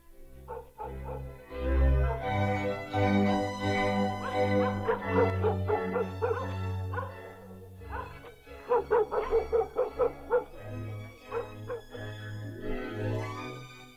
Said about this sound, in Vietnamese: Đâu đó chỉ có tiếng chó cắn ma nhấm nhà nhấm nhẳng hướng về phía bìa rừng.